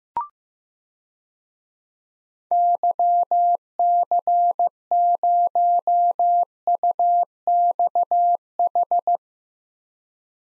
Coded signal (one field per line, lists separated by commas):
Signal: Morse code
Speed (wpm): 15 wpm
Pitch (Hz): 700 Hz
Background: none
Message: YC0UXH